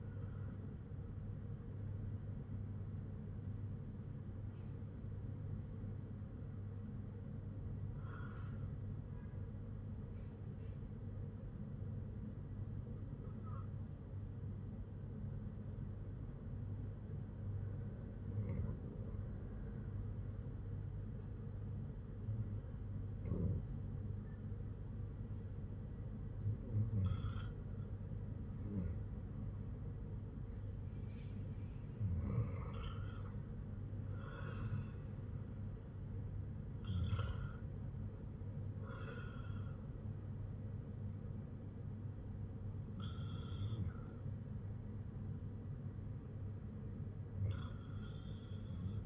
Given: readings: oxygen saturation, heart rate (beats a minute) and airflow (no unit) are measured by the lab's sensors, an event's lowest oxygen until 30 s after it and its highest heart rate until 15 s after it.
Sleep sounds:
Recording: breathing in sleep by a smartphone at the bedside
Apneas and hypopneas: 1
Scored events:
7.00-32.10 s: hypopnea (REM, oxygen 97% highest, then 93% lowest, heart rate 58 at the start, 58 highest)
From the record:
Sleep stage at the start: REM sleep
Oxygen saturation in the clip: 93 to 97%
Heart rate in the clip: 54 to 60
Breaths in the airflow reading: 8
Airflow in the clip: -7.3 to 7.7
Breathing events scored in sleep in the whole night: 182 in 7.4 hours asleep

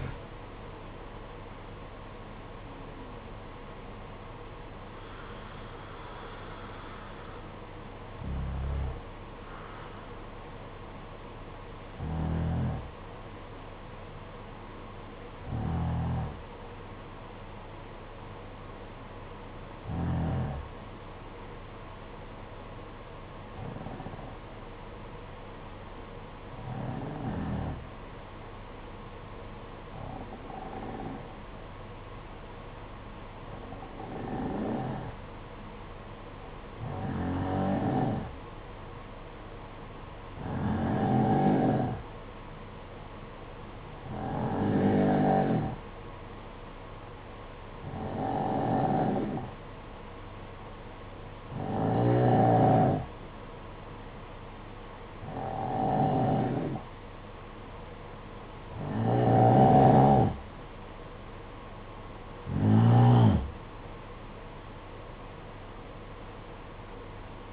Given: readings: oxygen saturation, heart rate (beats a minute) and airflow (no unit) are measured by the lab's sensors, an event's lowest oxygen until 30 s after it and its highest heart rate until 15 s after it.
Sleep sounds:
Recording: breathing in sleep by a voice recorder at the bedside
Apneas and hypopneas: 1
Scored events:
13.00-62.70 s: hypopnea (N2, oxygen 95% highest, then 90% lowest, heart rate 52 at the start, 64 highest)
65.00-67.53 s: new sleep stage, N1 (lightest sleep)
From the record:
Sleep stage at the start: N2 (light sleep)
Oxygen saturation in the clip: 87 to 95%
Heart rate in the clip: 52 to 62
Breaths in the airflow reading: 19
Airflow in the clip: -11.0 to 9.1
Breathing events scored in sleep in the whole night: 476 in 9.7 hours asleep

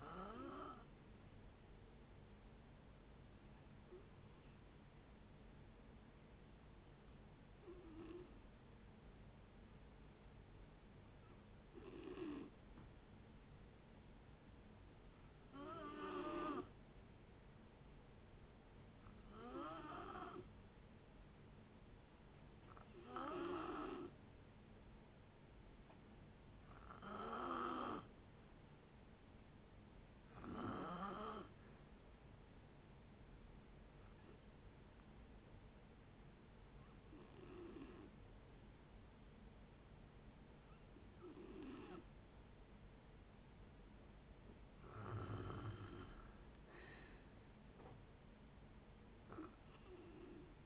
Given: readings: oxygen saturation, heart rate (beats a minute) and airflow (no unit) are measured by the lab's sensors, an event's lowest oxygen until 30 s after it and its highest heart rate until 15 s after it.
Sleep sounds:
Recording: breathing in sleep by a voice recorder at the bedside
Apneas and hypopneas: 2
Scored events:
2.00-50.66 s: new sleep stage, N2 (light sleep)
4.00-22.40 s: hypopnea (N2, oxygen 94% highest, then 89% lowest, heart rate 62 at the start, 67 highest)
33.00-45.10 s: hypopnea (N2, oxygen 90% highest, then 88% lowest, heart rate 66 at the start, 72 highest)
From the record:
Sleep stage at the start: N1 (lightest sleep)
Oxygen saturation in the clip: 87 to 94%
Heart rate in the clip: 57 to 72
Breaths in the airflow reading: 14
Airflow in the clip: -6.4 to 7.0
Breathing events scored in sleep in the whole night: 496 in 5.4 hours asleep

